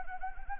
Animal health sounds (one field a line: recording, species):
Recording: mosquito wingbeat signal from an infrared sensor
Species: Anopheles gambiae